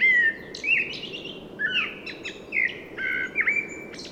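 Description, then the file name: Common blackbird song in a steady flow of rich, fluty notes mixed with high, scratchy flourishes, with barely a pause between phrases. "Turdus merula"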